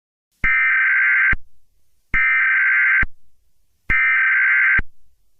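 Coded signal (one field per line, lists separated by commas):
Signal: Emergency Alert System (SAME) tones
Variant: header bursts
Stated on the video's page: Fictional EAS scenario.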